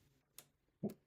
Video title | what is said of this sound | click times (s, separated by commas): HP Smart Tank 5103 : How to Load Ink & Install Print Heads | and put it upside down right over here and press on it until it clicks. | 0.4 s